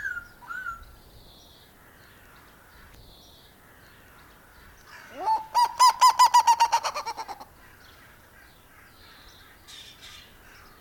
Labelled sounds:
Black-legged Seriema (Chunga burmeisteri) call
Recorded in captivity
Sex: male
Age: adult
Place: Zoo Berlin, Berlin, DE
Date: 1997-03-04 12:15
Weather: heiter, 10 bis 15°C
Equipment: Nagra SN, Kopie Uher 4000 Report Monitor
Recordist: Tembrock, Günter

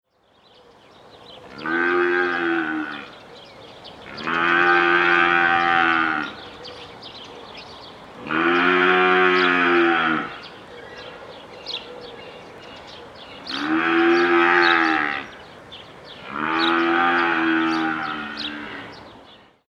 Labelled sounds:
African Buffalo (Syncerus caffer)
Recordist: Tembrock, Günter
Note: Langlaute eines Jungtieres

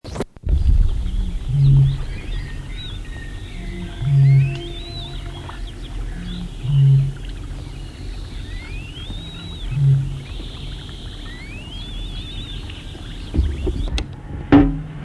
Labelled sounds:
Great Bittern (Botaurus stellaris)
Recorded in the wild
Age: adult
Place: Krakow am See, Mecklenburg-Vorpommern, DE
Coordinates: 53.65, 12.2667
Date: 1972-06-13 20:30
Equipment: Uher 4200 Report Stereo, DM 622, Reflektor, Tesla-Verstärker
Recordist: Tembrock, Günter
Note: Rufreihe

